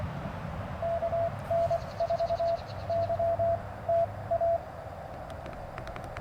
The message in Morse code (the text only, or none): KN4YTA